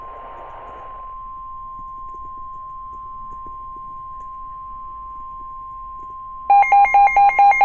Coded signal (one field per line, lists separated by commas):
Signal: Emergency Alert System (SAME) tones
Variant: 1050 Hz attention tone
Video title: EAS compilation Severe weather alerts